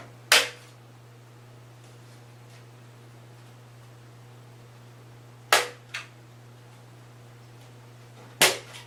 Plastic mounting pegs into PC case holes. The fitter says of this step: all four corners have been clicked in you're